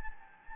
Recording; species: mosquito wingbeat signal from an infrared sensor; Anopheles gambiae